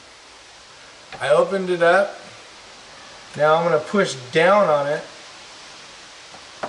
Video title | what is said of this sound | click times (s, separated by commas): Safariland Holster Level 3 | So did you hear that click? | 6.6 s